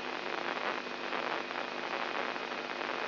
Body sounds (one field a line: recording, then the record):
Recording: brain microelectrode recording played as sound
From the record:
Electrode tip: inside the subthalamic nucleus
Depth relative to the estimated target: -3 mm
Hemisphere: left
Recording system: AlphaMap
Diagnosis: Parkinson's disease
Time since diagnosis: 11 years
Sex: male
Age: 67 years